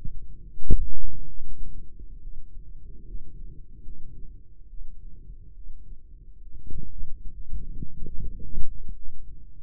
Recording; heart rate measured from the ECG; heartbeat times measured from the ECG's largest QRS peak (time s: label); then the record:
heart sounds by microphone in the right ear; 73 bpm
0.66 s: heartbeat
1.40 s: heartbeat
2.20 s: heartbeat
3.05 s: heartbeat
3.82 s: heartbeat
4.68 s: heartbeat
5.52 s: heartbeat
6.41 s: heartbeat
7.32 s: heartbeat
8.17 s: heartbeat
8.93 s: heartbeat
From the record:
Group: healthy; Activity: rest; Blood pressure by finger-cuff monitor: 128/68 mmHg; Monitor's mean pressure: 88 mmHg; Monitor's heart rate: 71 bpm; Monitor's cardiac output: 7 L/min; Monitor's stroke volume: 97 mL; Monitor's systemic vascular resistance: 920 dyn s/cm5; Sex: female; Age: 22 years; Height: 154 cm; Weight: 58.7 kg